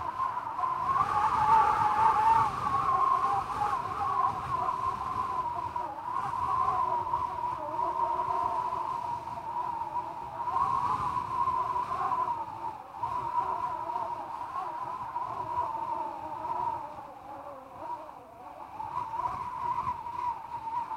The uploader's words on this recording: Cold Whistling Wind. Listen to the sound of cold wind blowing and whistling in the background.